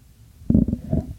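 A dog snoring while asleep: a few low, rumbling snore bursts.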